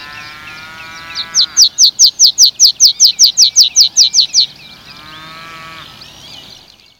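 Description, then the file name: Meadow pipit song with a quick run of many thin, high descending notes delivered evenly, with softer, lower drawn-out sounds before and after. "graspieper"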